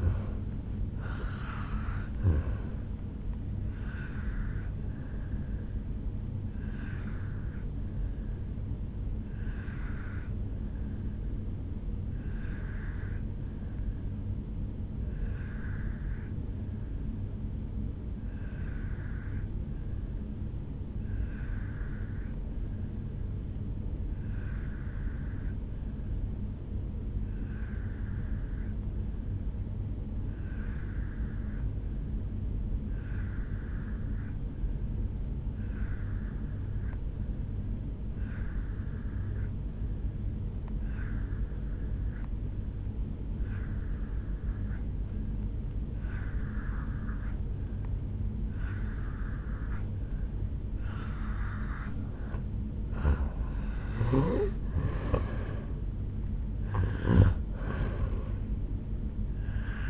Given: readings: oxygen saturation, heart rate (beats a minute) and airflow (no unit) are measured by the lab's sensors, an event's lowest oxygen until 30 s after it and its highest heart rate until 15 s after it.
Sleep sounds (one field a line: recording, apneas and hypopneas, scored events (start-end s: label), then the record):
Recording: breathing in sleep by a smartphone at the bedside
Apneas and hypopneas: 1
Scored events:
11.00-52.40 s: obstructive apnea (N2, oxygen 94% highest, then 84% lowest, heart rate 57 at the start, 76 highest)
From the record:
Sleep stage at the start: N2 (light sleep)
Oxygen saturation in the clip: 84 to 94%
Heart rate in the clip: 55 to 76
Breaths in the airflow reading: 6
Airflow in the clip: -10.4 to 5.7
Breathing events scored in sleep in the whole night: 449 in 7.0 hours asleep